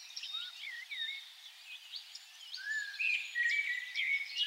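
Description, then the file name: Common blackbird with a series of short slurred whistles and squeaky twitters, building to denser chatter at the end, soft hiss behind. "Turdus merula"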